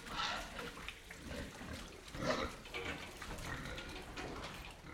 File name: pigs movement wet mud inside shed with grunts